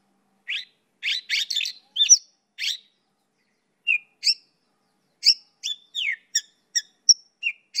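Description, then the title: Bird chirping in scattered short notes, some buzzy, some clear and whistled, first in a quick cluster, then spaced out after a pause. "SuaraBurung Kicau"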